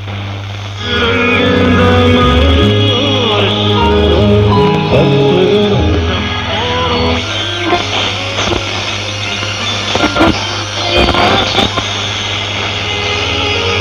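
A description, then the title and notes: An old radio plays, with steady low tones and wavering melodic lines for the first seven seconds or so. The music then drops away into hissy static broken by clicks and crackling bursts, especially around eight and eleven seconds. Radio Interference. I recorded this old radio at a friends place.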